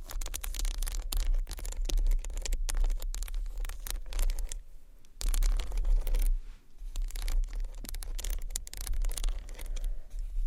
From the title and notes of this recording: ASMR Tiny Bottles Vs Textured Bag Which One You Choose（No Talking）.